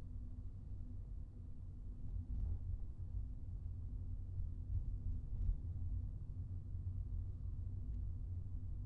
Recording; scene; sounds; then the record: everyday scene through a hearing-aid microphone; in a vehicle; engine, highway traffic jam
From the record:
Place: Skoda Fabia, gasoline engine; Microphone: in the ear canal, right